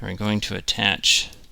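Someone talks while handling a large plastic armor piece that is about to be attached to an action figure. Nothing has seated or clicked yet.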